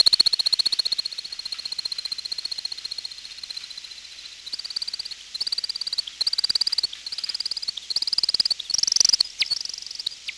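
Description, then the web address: American woodcock display twitter: a rapid, steady stream of high, thin pulsed twittering that runs unbroken for about four seconds, then breaks into short bursts, shifting slightly in pitch toward the end. "Peterson North American Birds. amwo"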